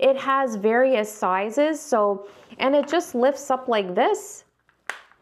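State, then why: Seated. Someone talks while lifting open the hinged plastic lid of a small travel pill case, then presses it closed. A sharp click at 4.9 s marks the lid snapping shut and seating in place.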